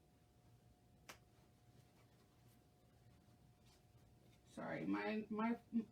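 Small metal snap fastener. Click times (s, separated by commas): 1.1 s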